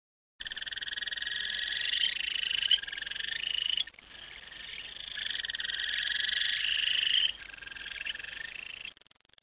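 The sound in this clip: Frog calling in long buzzy trilled bouts of rapid pulses, three sustained runs lasting a few seconds each, steady and high-pitched, with no other clear sounds.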